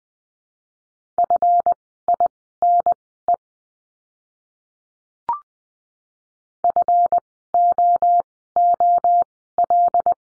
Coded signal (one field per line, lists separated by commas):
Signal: Morse code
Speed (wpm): 20 wpm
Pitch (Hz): 700 Hz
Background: none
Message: FINE FOOL